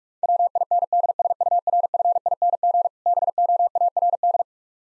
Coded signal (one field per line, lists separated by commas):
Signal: Morse code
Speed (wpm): 45 wpm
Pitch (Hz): 700 Hz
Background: none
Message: WINDSURFING BOARD